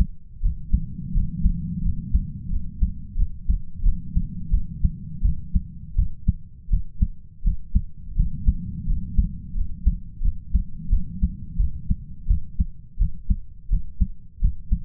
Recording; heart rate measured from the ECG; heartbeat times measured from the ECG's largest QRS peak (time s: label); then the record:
heart sounds by stethoscope; 86 bpm
0.42 s: heartbeat
1.13 s: heartbeat
1.82 s: heartbeat
2.50 s: heartbeat
3.16 s: heartbeat
3.83 s: heartbeat
4.51 s: heartbeat
5.22 s: heartbeat
5.95 s: heartbeat
6.69 s: heartbeat
7.43 s: heartbeat
8.16 s: heartbeat
8.86 s: heartbeat
9.54 s: heartbeat
10.22 s: heartbeat
10.89 s: heartbeat
11.57 s: heartbeat
12.27 s: heartbeat
12.98 s: heartbeat
13.69 s: heartbeat
14.41 s: heartbeat
From the record:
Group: healthy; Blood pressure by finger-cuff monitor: 117/68 mmHg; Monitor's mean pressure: 83 mmHg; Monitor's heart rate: 85 bpm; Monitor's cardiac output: 8 L/min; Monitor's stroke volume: 95 mL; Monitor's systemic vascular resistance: 780 dyn s/cm5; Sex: male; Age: 33 years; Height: 179 cm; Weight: 80.4 kg